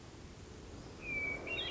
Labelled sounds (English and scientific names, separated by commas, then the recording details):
Hermit Thrush (Catharus guttatus)
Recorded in Sonoma County, California